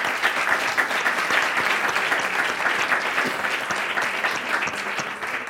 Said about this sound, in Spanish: Os agradecemos muchísimo y os despedimos con un aplauso. Muchas gracias.